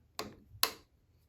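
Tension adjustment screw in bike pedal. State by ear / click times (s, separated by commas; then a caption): seated / 0.2 s, 0.6 s. An Allen key turns the spring tension screw in a MYX Fitness bike SPD pedal, stepping it through detent positions for different tension levels. Two sharp, bright clicks sound at 0.2 s and 0.6 s, the second louder, each with a short decaying tail. The screw clicks into its detents, which keep it from coming loose.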